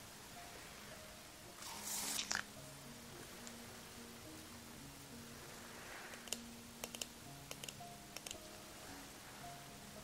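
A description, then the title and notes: A quiet skincare and hair-brushing session: a short bristly swish of brushing at about two seconds, then scattered light taps and clicks from six to eight and a half seconds. Soft, steady low tones hum underneath throughout. TimASMR-Put on Your Pajamas & Let Me Get You Ready For Bed (skincare, hair brushing, no talking).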